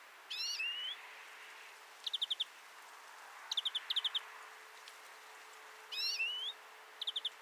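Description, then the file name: European greenfinch calling, long nasal wheezes mixed with short rapid bursts of chattering notes, over light hiss. "Chloris chloris"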